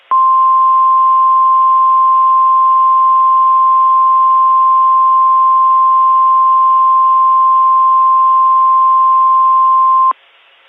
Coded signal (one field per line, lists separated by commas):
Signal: Emergency Alert System (SAME) tones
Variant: 1050 Hz attention tone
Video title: The Freezing One (Part 1) - an EAS Scenario